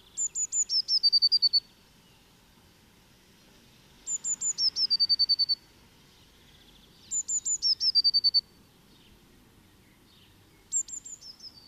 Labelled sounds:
Eurasian Blue Tit (Cyanistes caeruleus) song

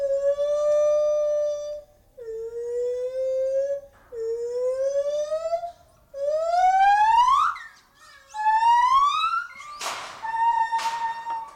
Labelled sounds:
Lar Gibbon (Hylobates lar) call

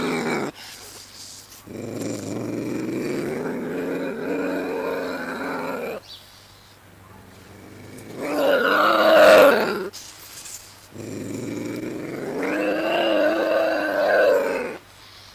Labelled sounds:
Ocelot (Leopardus pardalis) call

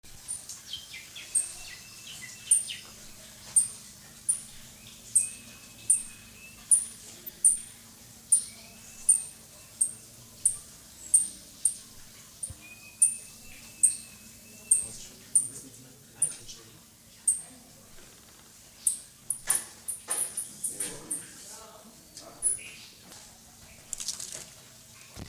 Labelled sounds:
Pygmy Marmoset (Callithrix pygmaea)

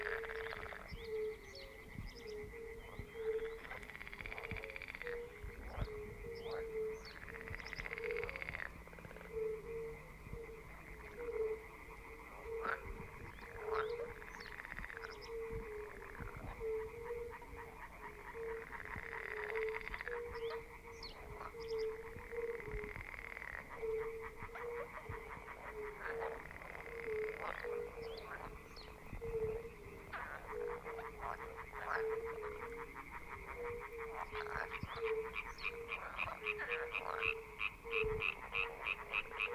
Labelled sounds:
Fire-Bellied Toad (Bombina bombina) call

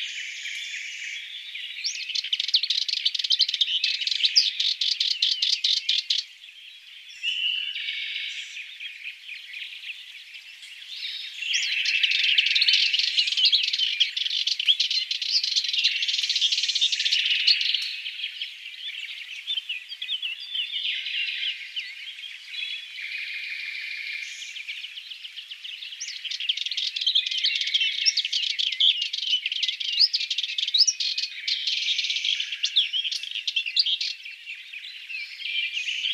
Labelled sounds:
Sardinian Warbler (Sylvia melanocephala) song

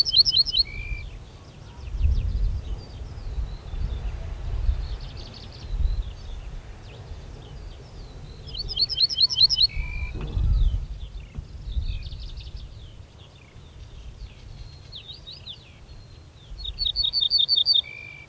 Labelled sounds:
Ortolan Bunting (Emberiza hortulana) song

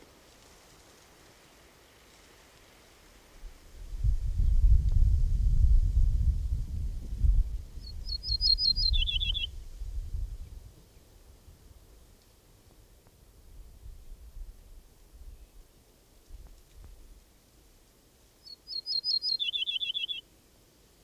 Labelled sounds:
Ortolan Bunting (Emberiza hortulana) song

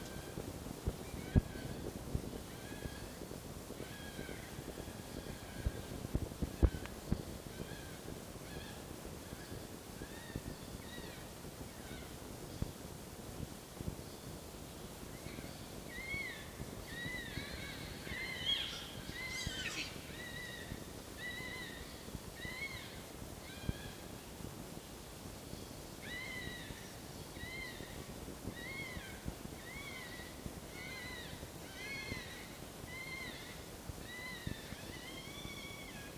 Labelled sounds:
Red Fox (Vulpes vulpes)

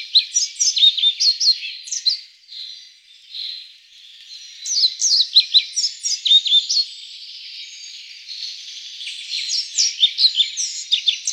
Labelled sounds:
European Pied Flycatcher (Ficedula hypoleuca) song

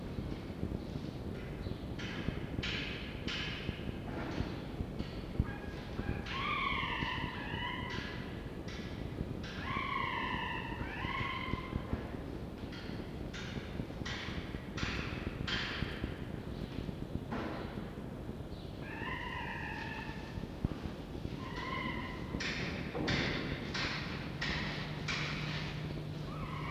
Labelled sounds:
Red Fox (Vulpes vulpes)

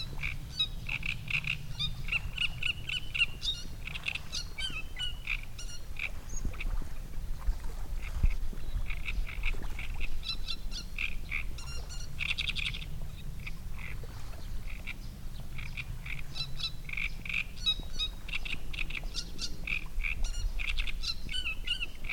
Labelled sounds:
Great Reed Warbler (Acrocephalus arundinaceus)

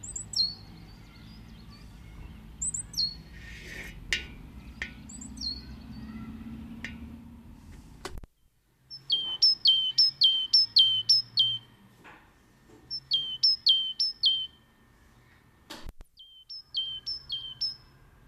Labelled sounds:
Great Tit (Parus major) call

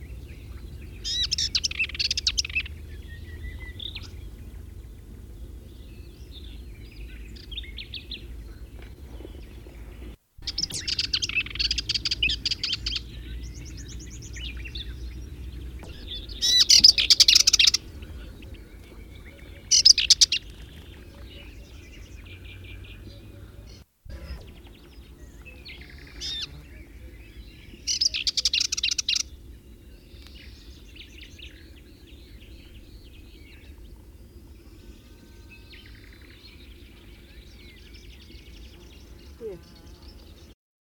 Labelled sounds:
Subalpine Warbler (Sylvia cantillans) song

